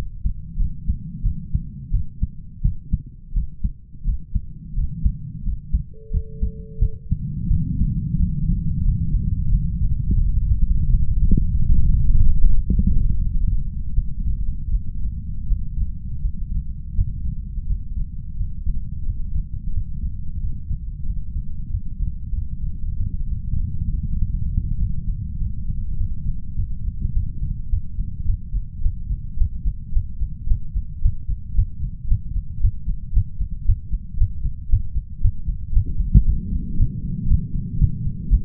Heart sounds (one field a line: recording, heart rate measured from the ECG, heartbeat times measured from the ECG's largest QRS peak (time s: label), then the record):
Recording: heart sounds by stethoscope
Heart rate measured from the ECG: 95 bpm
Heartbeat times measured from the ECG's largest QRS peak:
0.57 s: heartbeat
1.23 s: heartbeat
1.91 s: heartbeat
2.62 s: heartbeat
3.33 s: heartbeat
4.04 s: heartbeat
4.74 s: heartbeat
5.43 s: heartbeat
6.11 s: heartbeat
6.79 s: heartbeat
7.48 s: heartbeat
8.16 s: heartbeat
8.83 s: heartbeat
9.49 s: heartbeat
10.17 s: heartbeat
10.89 s: heartbeat
11.65 s: heartbeat
12.42 s: heartbeat
13.17 s: heartbeat
13.93 s: heartbeat
14.70 s: heartbeat
15.46 s: heartbeat
16.20 s: heartbeat
16.94 s: heartbeat
17.65 s: heartbeat
18.35 s: heartbeat
19.04 s: heartbeat
19.71 s: heartbeat
20.39 s: heartbeat
21.04 s: heartbeat
21.68 s: heartbeat
22.32 s: heartbeat
22.94 s: heartbeat
23.56 s: heartbeat
24.16 s: heartbeat
24.76 s: heartbeat
25.36 s: heartbeat
25.95 s: heartbeat
26.53 s: heartbeat
27.10 s: heartbeat
27.67 s: heartbeat
28.23 s: heartbeat
28.79 s: heartbeat
29.35 s: heartbeat
29.90 s: heartbeat
30.45 s: heartbeat
30.99 s: heartbeat
31.52 s: heartbeat
32.06 s: heartbeat
32.58 s: heartbeat
33.11 s: heartbeat
33.63 s: heartbeat
34.15 s: heartbeat
34.67 s: heartbeat
35.19 s: heartbeat
35.71 s: heartbeat
36.23 s: heartbeat
36.75 s: heartbeat
37.27 s: heartbeat
37.78 s: heartbeat
38.29 s: heartbeat
From the record:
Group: healthy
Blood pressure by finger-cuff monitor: 115/76 mmHg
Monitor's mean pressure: 90 mmHg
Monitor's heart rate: 92 bpm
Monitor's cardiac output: 7 L/min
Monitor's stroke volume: 84 mL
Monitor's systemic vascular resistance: 780 dyn s/cm5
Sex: male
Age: 33 years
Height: 179 cm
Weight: 80.4 kg